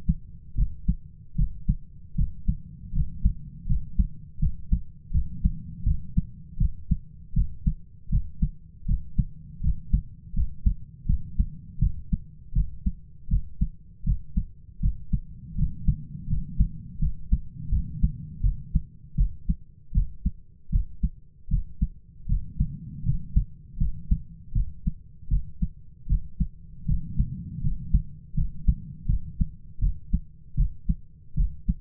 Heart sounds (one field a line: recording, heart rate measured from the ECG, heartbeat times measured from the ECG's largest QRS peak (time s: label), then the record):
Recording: heart sounds by stethoscope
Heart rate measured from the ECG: 80 bpm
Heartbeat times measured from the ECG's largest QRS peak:
0.55 s: heartbeat
1.36 s: heartbeat
2.16 s: heartbeat
2.93 s: heartbeat
3.67 s: heartbeat
4.40 s: heartbeat
5.12 s: heartbeat
5.84 s: heartbeat
6.58 s: heartbeat
7.34 s: heartbeat
8.10 s: heartbeat
8.86 s: heartbeat
9.61 s: heartbeat
10.34 s: heartbeat
11.06 s: heartbeat
11.79 s: heartbeat
12.53 s: heartbeat
13.28 s: heartbeat
14.04 s: heartbeat
14.80 s: heartbeat
15.56 s: heartbeat
16.28 s: heartbeat
16.99 s: heartbeat
17.70 s: heartbeat
18.41 s: heartbeat
19.15 s: heartbeat
19.92 s: heartbeat
20.70 s: heartbeat
21.48 s: heartbeat
22.27 s: heartbeat
23.04 s: heartbeat
23.78 s: heartbeat
24.53 s: heartbeat
25.28 s: heartbeat
26.07 s: heartbeat
26.86 s: heartbeat
27.61 s: heartbeat
28.35 s: heartbeat
29.06 s: heartbeat
29.79 s: heartbeat
30.55 s: heartbeat
31.35 s: heartbeat
From the record:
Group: healthy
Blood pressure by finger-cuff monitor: 117/67 mmHg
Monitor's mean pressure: 83 mmHg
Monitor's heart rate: 79 bpm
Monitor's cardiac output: 8 L/min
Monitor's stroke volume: 101 mL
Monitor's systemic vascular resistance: 750 dyn s/cm5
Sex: male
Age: 33 years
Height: 179 cm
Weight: 80.4 kg